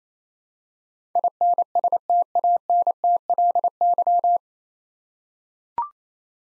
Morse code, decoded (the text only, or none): INSTANTLY